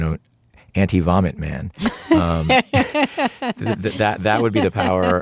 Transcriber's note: laughter